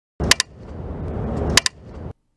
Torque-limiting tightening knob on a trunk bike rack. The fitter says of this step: with the Rack in place tighten the knobs on either side of the outweigh platform until you hear a clicking sound like so